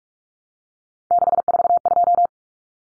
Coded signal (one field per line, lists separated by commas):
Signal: Morse code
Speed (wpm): 44 wpm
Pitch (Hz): 700 Hz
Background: none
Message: 642